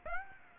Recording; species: mosquito wingbeat signal from an infrared sensor; Aedes aegypti